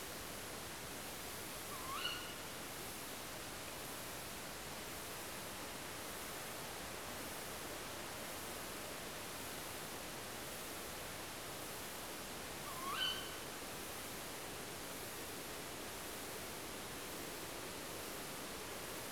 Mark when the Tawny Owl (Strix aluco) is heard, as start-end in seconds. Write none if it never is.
1.70-2.13, 12.67-13.08